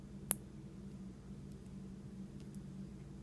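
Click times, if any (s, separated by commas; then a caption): 0.3 s. A blank plug is pushed into the rightmost socket on a miniquad's electronics board and clicks in sharply at 0.3 s, so it is now seated. After that only faint low hum and a few tiny ticks remain.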